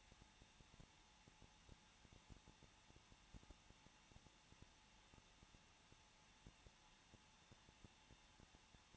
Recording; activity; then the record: daily activity, microphone in the room; no activity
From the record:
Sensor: 1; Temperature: 20.1 degrees Celsius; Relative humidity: 39.4%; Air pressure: 1006.3 hPa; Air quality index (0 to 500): 219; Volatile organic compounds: 83 ppm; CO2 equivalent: 3628 ppm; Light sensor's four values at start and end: 1/2/1/1 and 1/2/1/1